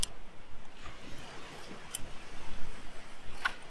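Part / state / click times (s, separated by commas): upper frame lock joints of a folding swivel beach chair / seated / 0.0 s, 2.0 s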